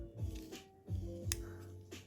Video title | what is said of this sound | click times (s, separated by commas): 1/64 BMC Land Rover Defender 6x6 - Review and Step-by-step Build | Yeah, there you go. I just heard a click. | 1.3 s